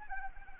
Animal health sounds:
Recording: mosquito wingbeat signal from an infrared sensor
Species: Anopheles arabiensis

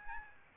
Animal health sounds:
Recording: mosquito wingbeat signal from an infrared sensor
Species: Aedes albopictus

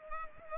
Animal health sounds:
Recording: mosquito wingbeat signal from an infrared sensor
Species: Culex pipiens

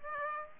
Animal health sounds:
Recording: mosquito wingbeat signal from an infrared sensor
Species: Aedes aegypti

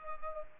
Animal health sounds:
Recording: mosquito wingbeat signal from an infrared sensor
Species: Culex pipiens

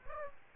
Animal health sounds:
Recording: mosquito wingbeat signal from an infrared sensor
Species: Aedes aegypti

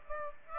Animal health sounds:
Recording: mosquito wingbeat signal from an infrared sensor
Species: Aedes aegypti

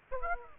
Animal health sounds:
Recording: mosquito wingbeat signal from an infrared sensor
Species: Aedes aegypti

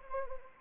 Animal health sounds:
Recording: mosquito wingbeat signal from an infrared sensor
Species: Anopheles arabiensis

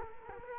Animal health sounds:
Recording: mosquito wingbeat signal from an infrared sensor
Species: Culex quinquefasciatus

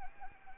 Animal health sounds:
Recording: mosquito wingbeat signal from an infrared sensor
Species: Anopheles arabiensis

